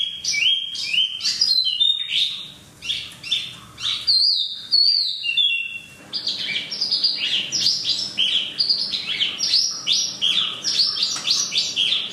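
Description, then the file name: Chinese hwamei song: varied loud whistles with slurred and looping notes, then a dense, fast-paced sequence of bright chirping phrases. For training cage birds. "hwamei omkicau"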